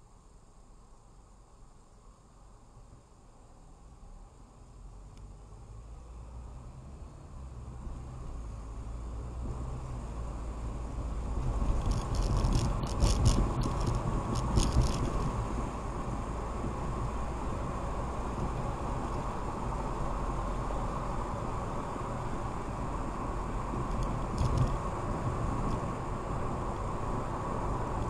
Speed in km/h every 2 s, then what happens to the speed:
0, 2, 10, 21, 32, 40, 47, 53, 58, 61, 63, 64, 66, 69.
0-2 standing. 2-28 pulls away to 69.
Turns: none.